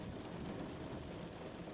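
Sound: rain at night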